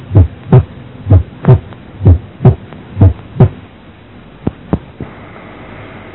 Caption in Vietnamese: Tiếng thứ hai tách đôi ở đây nghe rõ khi bệnh nhân thở ra. Ở thì thở vào, nghe tiếng tách đôi xít lại và đôi khi thành một tiếng duy nhất.